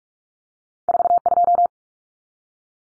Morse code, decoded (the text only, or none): 42